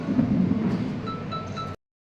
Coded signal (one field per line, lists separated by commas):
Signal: none